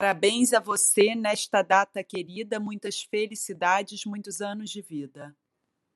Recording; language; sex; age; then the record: short text; Brazilian Portuguese; female; 40 to 49 years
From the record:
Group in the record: control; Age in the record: 43 years